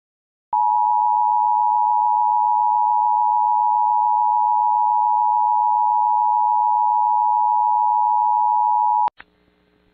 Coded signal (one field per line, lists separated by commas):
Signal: Emergency Alert System (SAME) tones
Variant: 853 and 960 Hz attention tone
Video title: Pennsylvania Required Monthly Tests (3/18/21)(EAS 620-626)